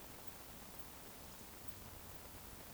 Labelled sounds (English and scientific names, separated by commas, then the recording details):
Eurasian Woodcock (Scolopax rusticola) whistle
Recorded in Baden-Württemberg, Germany, on 11 June 2020 at 20:30 UTC
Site 14569, 102 m above sea level